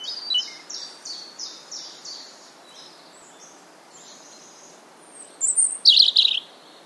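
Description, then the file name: European robin song, a run of soft high descending notes, a pause, then a louder burst of high sparkling warbles. "Erithacus rubecula"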